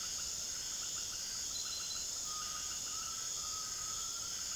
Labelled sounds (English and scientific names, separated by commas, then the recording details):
Undulated Tinamou (Crypturellus undulatus)
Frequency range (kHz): Undulated Tinamou (Crypturellus undulatus) 0.6-2.4 kHz
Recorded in secondary vegetation near Puerto Asís, Putumayo, Colombia, on 19 June 2025 at 18:30
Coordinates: 0.489, -76.322
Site G021